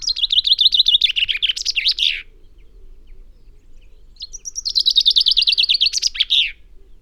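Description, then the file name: Common chaffinch singing two rapid, descending trilled phrases, each closing with a sharp flourish, separated by about two seconds of quiet. "Fringilla coelebs"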